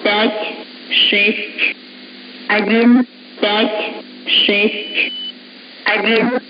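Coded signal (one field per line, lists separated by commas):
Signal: numbers station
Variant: S06s, Russian female voice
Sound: a woman's voice reading about six short words, evenly spaced, over a radio channel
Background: radio hiss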